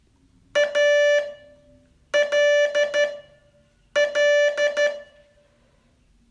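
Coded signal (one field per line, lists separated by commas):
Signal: Morse code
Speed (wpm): 12 wpm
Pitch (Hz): 580 Hz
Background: music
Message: ALL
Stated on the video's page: Day 35 test of a 42-day Morse training course.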